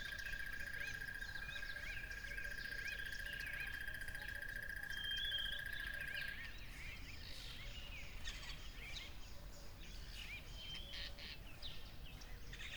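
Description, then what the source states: Crickets give a steady pulsed trill for the first six seconds, then stop, amid a busy chorus with croaking frogs. At a lively tropical river.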